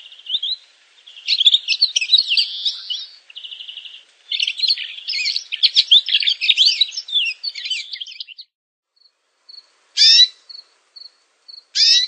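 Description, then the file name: Canary singing a scratchy, buzzy jumble of high notes, then a brief rattle, trailing into sparse thin peeps and two sharp bursts near the end. "Canary Voice"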